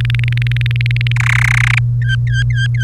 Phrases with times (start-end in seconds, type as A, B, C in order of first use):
0.00-1.12 A, 1.16-1.79 B, 2.02-2.84 C